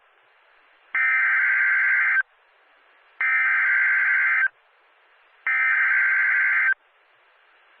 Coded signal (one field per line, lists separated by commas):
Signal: Emergency Alert System (SAME) tones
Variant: header bursts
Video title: Virtual Eas Partial Double Header Severe Thunderstorm Warning and Flash Flood Warning